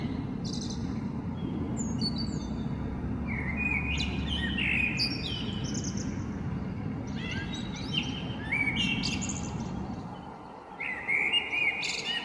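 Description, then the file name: Eurasian blackbird song with fluting low whistles and scratchy high twittered endings, phrases repeated several times, low background drone ending near the end. Recorded 21 February 2023. "amsel 20230221"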